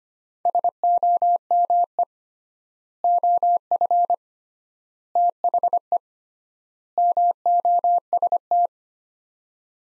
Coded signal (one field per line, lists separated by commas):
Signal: Morse code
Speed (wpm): 25 wpm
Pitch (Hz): 700 Hz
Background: none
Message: SOME OF THE MOST